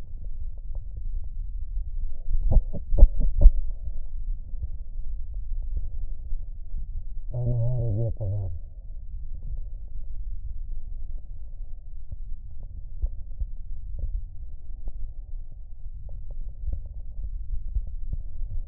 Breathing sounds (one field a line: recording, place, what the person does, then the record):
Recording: lung sounds by stethoscope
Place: left anterior apical chest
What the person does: quiet breathing, then cough and speech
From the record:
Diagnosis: COPD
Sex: male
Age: 80 years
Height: 171 cm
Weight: 75 kg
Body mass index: 25.6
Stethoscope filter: extended mode